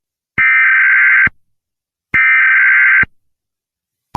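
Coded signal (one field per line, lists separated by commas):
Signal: Emergency Alert System (SAME) tones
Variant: header bursts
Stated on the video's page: Fictional EAS scenario alert warning that fog is coming.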